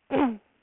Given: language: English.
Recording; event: throat vibration sensor signal played as sound; throat clearing